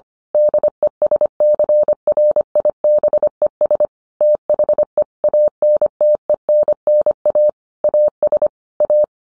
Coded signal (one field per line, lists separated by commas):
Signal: Morse code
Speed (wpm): 25 wpm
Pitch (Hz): 600 Hz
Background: none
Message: DESCRIBES THE ANTENNA AS A